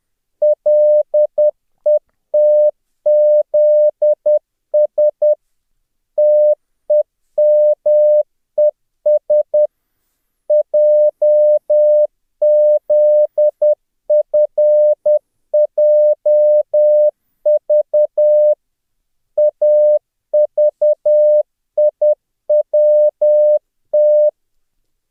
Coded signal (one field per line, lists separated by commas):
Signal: Morse code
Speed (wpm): 10 wpm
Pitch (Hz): 600 Hz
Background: none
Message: LETZS TEMES JZFJV AVIWT